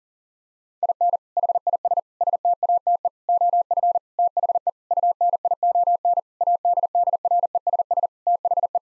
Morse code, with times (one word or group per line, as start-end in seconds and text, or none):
0.8-1.2 IN
1.4-2.0 HIS
2.2-3.1 STATE
3.3-4.0 OF
4.2-4.7 THE
4.9-6.2 UNION
6.4-8.1 ADDRESS
8.3-8.8 THE